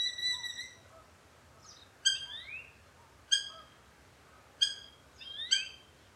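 Eurasian hobby calls: a drawn harmonic note at the start, then four short, sharp, shrill calls about a second apart, some followed by quick rising squeals.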